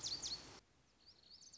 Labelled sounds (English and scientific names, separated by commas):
Lazuli Bunting (Passerina amoena)